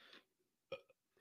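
A soft breathy exhale fades out, then a single abrupt, throaty voiced burst of about a tenth of a second is heard, with a faint second pulse just after. This is a brief belch from an adult man, a release of swallowed air from the stomach through the throat, amid a recent return of frequent burping.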